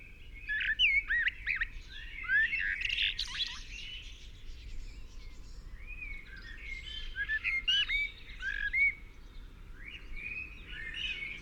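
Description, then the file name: Common blackbird singing busy twittering phrases of upswept whistles and chirps, with many other birds singing in the background. "Turdus merula"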